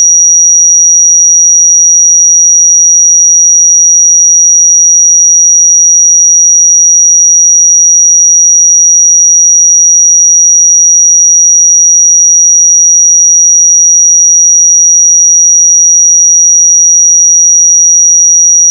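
A pure sine tone at 5766 Hz holds perfectly steady for the full nineteen seconds, a thin, high, piercing whistle. Its loudness never changes and nothing else is heard, with complete silence around the single pitch.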